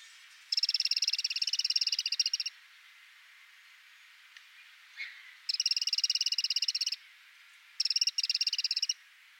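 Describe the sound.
Eurasian wren giving a dry rattling call, rapid ticking notes in three bursts, the first two lasting over a second each, with quiet gaps between.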